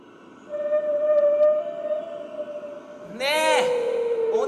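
humpback whale vocalization

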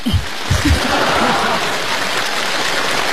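applause

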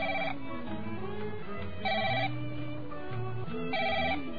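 phone ringing

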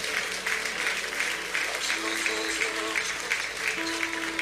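spontaneous applause

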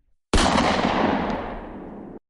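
gunshot

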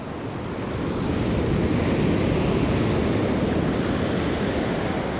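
ocean waves

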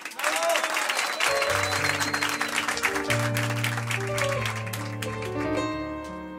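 audience applause

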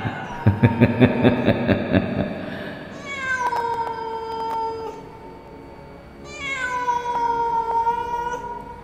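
cat meowing

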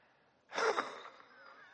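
man coughing

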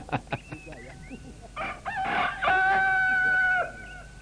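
rooster crowing

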